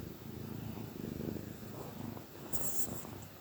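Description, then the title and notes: Cat purring, a soft low rumble with a brief hiss-like burst near the end. Gentle purrs of a contented cat. "Cat Cafe Purr-Finale. the gentle purrs of a contented cat"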